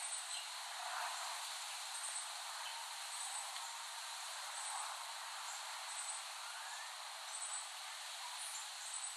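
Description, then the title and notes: Cicada drone, a constant rasping hiss, with repeated short high notes riding on top. Recorded in late summer 2008 in West Brighton, Staten Island. "Dronecast. The Cicadas of Summer. Recording of cicadas made by Dan Bodah in West Brighton, Staten Island, late summer 2008"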